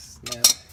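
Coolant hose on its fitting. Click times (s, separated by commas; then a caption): 0.4 s. A stuck coolant hose is worked off its fitting on a Boxster 986 during a coolant change, with brief scraping sounds around 0.3 seconds. A sharp snap at 0.4 seconds marks the hose breaking free of the fitting.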